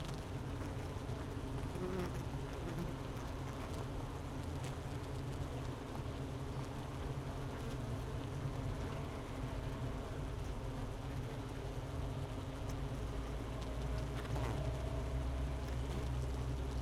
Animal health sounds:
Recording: honeybee colony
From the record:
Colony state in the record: missing queen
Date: 31 May 2018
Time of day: 10:51

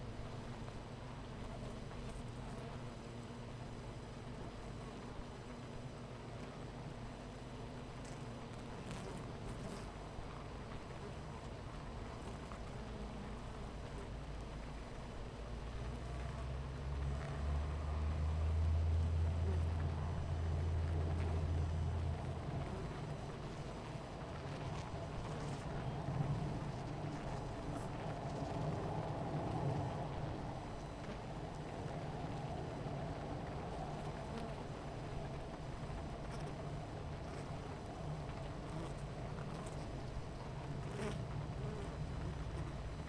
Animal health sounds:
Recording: honeybee colony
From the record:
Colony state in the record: missing queen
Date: 14 July 2017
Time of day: 9:18

